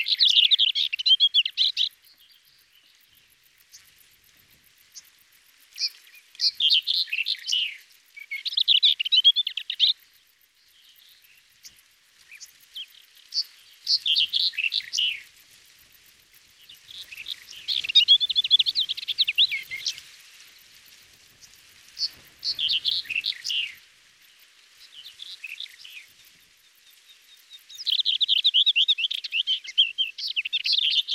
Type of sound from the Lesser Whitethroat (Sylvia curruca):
song